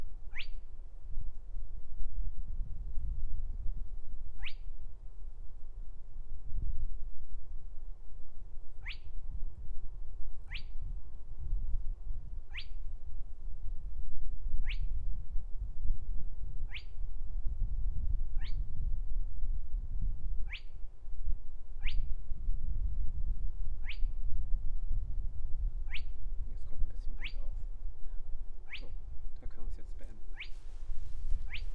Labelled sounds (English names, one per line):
Spotted Crake song